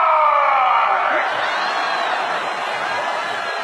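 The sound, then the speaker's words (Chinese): A huge stadium crowd at the 422nd Quidditch World Cup cheers and applauds as thousands of flags wave, in a dense, roaring wash of noise that starts loud and eases slightly, holding steady to the end with scattered whoops inside. “观众们爆发出一阵欢呼和掌声，成千上万面旗帜同时挥舞，还伴有乱七八糟的国歌声，场面真是热闹非凡。”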